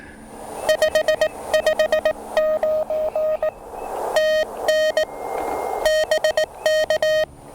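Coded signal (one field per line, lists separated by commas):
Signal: Morse code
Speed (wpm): 18 wpm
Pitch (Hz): 590 Hz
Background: none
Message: 559 TN BK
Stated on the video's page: CW POTA activation with a (tr)uSDX transceiver; high output volume and noise floor.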